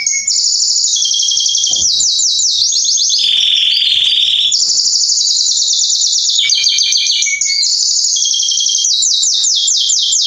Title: Esquente Seu Filhote E Canario Belga Em 30 Minutos Macho Cantando Muito. Esquente seu canrio belga em 30 minutos - Canrio Pastinha cantando